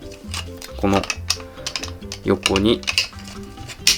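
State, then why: Seated. Someone talks over music while a detached plastic boomerang piece is pressed onto the side of a transforming toy to complete its axe form. A few small taps and clicks are heard before a sharp, loud click at 3.9 s as the piece seats into place.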